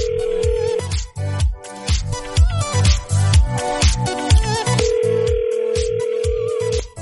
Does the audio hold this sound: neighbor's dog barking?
no